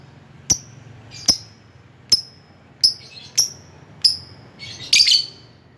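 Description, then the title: Lovebird calls: single thin high chirps spaced under a second apart, ending in a brief burst of rapid chatter. Lovebird calling a rival. "Lovebird Memanggil Lawan"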